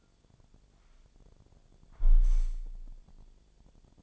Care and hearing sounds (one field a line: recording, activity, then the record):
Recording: daily activity, microphone in the room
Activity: close window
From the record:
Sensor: 5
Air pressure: 1000.6 hPa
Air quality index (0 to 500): 148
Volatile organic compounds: 2 ppm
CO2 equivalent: 1140 ppm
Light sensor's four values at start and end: 41/96/40/44 and 41/96/40/44